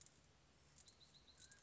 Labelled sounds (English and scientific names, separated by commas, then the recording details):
Mountain Quail (Oreortyx pictus)
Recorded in Sonoma County, California